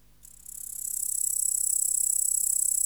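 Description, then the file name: Upland green bush-cricket song: a continuous, high, hissing buzz starting after a quarter second, rapidly pulsed and growing louder over the first second and a half, then holding steady, over a faint low hum. "Tettigonia cantans"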